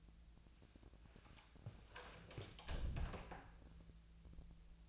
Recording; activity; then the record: daily activity, microphone in the room; close door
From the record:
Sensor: 2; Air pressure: 1000.3 hPa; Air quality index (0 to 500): 170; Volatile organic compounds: 3 ppm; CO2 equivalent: 1414 ppm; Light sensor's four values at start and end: 11/25/11/11 and 10/25/11/11